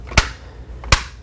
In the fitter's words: But you'd slide the keypad back in there and then it just snaps